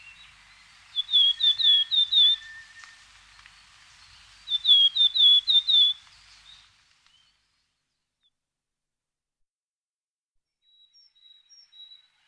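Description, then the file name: Willow tit with two phrases of rapid slurred falling whistles, each five or six notes, a lower steady tone under the first, then quiet with faint whistles. "kogara"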